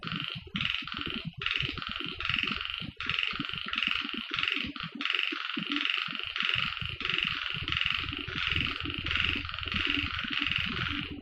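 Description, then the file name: Frogs calling in a steady chorus, short notes repeated at a regular pace over low background rumble. On Okinawa. "Mikhail Iliatov - Okinawa Frogs"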